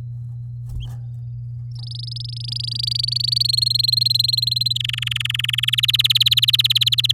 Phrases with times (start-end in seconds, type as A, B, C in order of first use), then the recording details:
1.75-3.43 A, 3.44-4.78 B, 4.80-5.75 C, 5.78-7.12 D. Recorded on 10 May 2018 at 08:42. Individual llb16